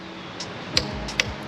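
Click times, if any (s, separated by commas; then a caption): 0.8 s, 1.2 s. A torque wrench set to 18.5 ft-lb, the suggested torque rating, tightens the oil filter housing cap on an MK7 Golf R during an oil change. Two sharp clicks from the wrench are heard at 0.8 s and 1.2 s over a low steady hum. The cap is torqued down.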